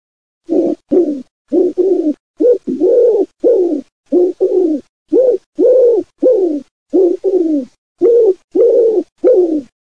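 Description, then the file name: Common wood pigeon cooing, low hollow hoots in quick pairs and triplets, each note arching in pitch, repeated steadily with hardly a pause. "COLOMBACCIO"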